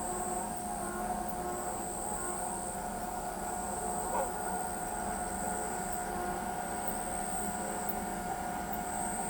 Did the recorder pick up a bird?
no